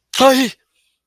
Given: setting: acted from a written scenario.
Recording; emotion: vocal sound without words; fear